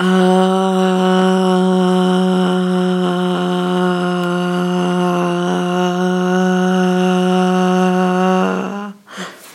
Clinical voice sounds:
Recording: sustained vowel /a/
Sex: female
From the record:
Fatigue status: fatigue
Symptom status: symptomatic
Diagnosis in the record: COVID-19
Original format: m4a

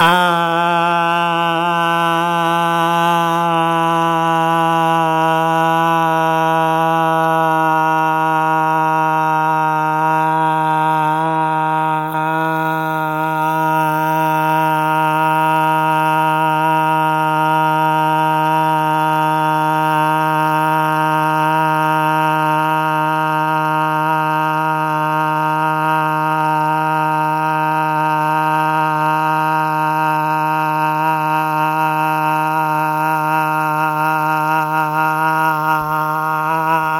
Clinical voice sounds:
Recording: sustained vowel /a/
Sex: male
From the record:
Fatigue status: no fatigue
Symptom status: asymptomatic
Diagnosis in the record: COVID-19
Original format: m4a

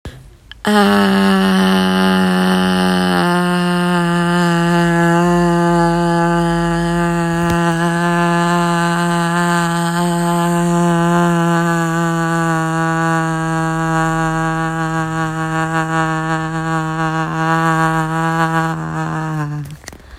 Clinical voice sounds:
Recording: sustained vowel /a/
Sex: female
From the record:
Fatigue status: no fatigue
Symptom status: asymptomatic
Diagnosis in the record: COVID-19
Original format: m4a

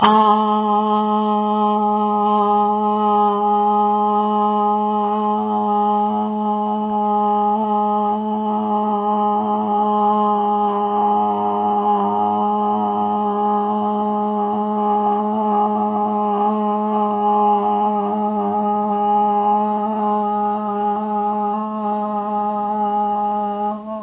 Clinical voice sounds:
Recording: sustained vowel /a/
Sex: female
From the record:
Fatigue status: fatigue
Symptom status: symptomatic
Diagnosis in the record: COVID-19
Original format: 3gp

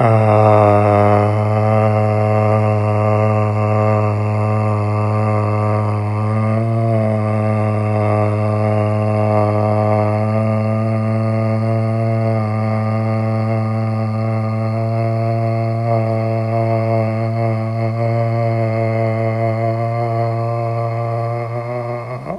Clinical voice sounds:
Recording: sustained vowel /a/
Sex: male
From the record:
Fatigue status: no fatigue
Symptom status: asymptomatic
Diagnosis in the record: COVID-19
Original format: m4a

